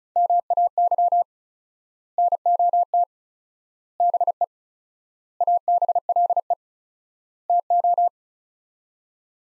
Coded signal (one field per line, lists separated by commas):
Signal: Morse code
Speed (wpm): 34 wpm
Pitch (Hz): 700 Hz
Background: none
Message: MAY NOT BE ABLE TO